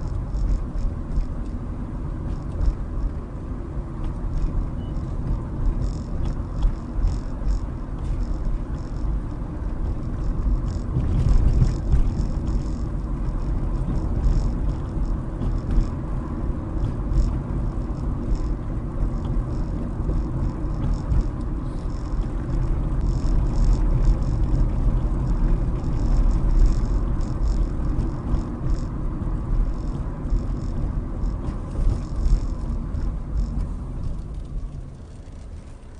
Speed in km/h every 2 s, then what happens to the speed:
29, 29, 27, 27, 31, 31, 32, 34, 34, 34, 34, 35, 35, 35, 32, 29, 23, 13.
0-6 steady at about 27. 6-13 speeds up to 34. 13-26 steady at about 34. 26-36 slows to 13.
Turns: none.